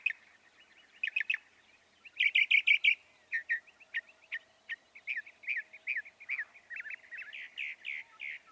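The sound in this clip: Northern mockingbird song: a rapid medley of buzzy bursts, sharp chips and slurred notes that keeps changing, with some phrases repeated several times.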